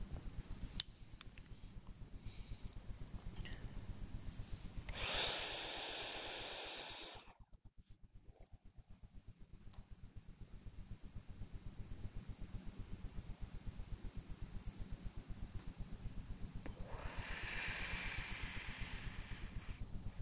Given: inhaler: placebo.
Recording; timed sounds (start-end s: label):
one use of a dry powder inhaler by a smartwatch
0.43-1.52 s: inhaler activation
2.18-2.81 s: exhalation
4.85-7.46 s: inhalation
16.60-20.09 s: exhalation